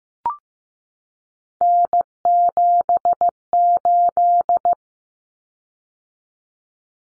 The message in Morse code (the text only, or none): N78